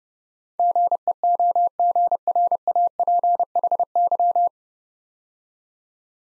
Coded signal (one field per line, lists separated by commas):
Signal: Morse code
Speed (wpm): 30 wpm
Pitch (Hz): 700 Hz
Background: none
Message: GEOGRAPHY